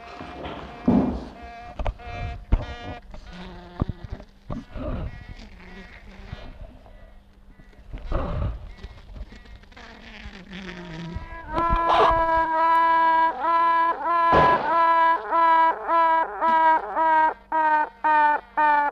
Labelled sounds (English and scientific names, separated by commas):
Honey Bee (Apis mellifera)